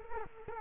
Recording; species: mosquito wingbeat signal from an infrared sensor; Culex quinquefasciatus